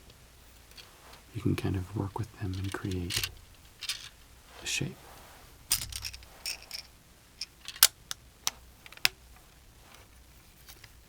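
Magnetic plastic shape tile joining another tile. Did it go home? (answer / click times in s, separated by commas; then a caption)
yes / 5.7 s, 7.8 s, 8.5 s, 9.1 s. Someone talks, then plastic magnetic building shape tiles are pushed together edge to edge to form a shape. The magnets snap them together with sharp clicks at 5.7, 7.8, 8.5 and 9.1 seconds, with fainter ticks between. The pieces lock in place well.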